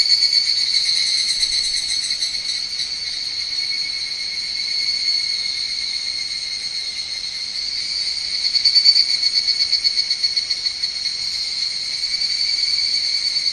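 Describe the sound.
Higurashi cicada holding a long high metallic drone, with a brief burst of quick pulses partway through.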